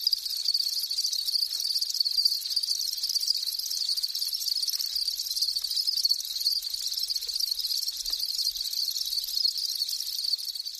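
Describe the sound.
Insects keep up continuous high-pitched pulsing sound.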